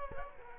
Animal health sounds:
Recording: mosquito wingbeat signal from an infrared sensor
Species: Culex quinquefasciatus

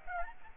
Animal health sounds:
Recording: mosquito wingbeat signal from an infrared sensor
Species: Aedes aegypti

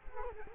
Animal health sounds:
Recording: mosquito wingbeat signal from an infrared sensor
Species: Culex quinquefasciatus

